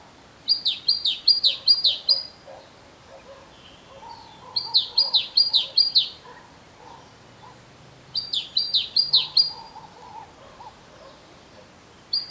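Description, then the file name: Great tit delivering quick bursts of sharp, high repeated phrases, three series a few seconds apart and a fourth just starting at the end, with softer lower sounds in between. "Parus major"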